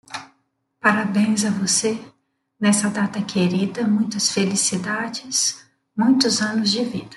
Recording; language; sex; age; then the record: short text; Brazilian Portuguese; female; 40 to 49 years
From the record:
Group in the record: control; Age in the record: 49 years